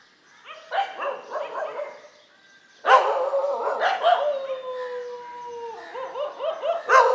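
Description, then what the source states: Dogs barking and howling together, a long falling howl stretching over the barks, several dogs calling at once. Several dogs, morning street ambience on Mission Street, MG Road Area, Puducherry, India.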